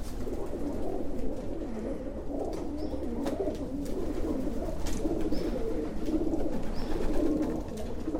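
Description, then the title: Rock doves producing a steady chorus of deep rolling coos, with a few faint high chirps and low rumble in the background. Several pigeons recorded in 2016 on a street in Saluzzo, Italy, during a workshop, using a Tascam DR-700 recorder. "Discesa alla Piazzetta, 12037 Saluzzo CN, Italia - Pigeons"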